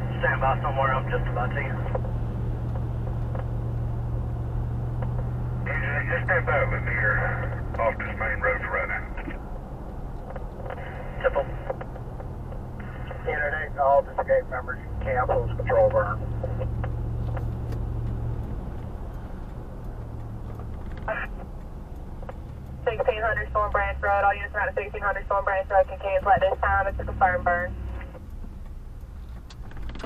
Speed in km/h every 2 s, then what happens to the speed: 63, 64, 64, 64, 63, 60, 56, 53, 55, 52, 47, 32, 18, 15, 19.
0-7 steady at about 64. 7-14 slows to 53. 18-25 brakes to 15.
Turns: none.